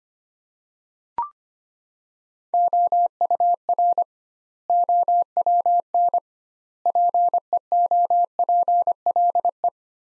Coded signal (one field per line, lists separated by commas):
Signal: Morse code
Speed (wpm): 25 wpm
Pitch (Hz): 700 Hz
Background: none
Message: OUR OWN PEOPLE